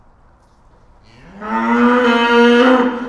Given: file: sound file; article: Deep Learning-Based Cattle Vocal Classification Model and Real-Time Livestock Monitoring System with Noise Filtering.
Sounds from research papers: cattle; estrus call

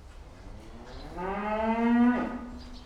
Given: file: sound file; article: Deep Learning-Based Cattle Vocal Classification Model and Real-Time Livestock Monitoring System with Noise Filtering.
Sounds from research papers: cattle; food anticipating call

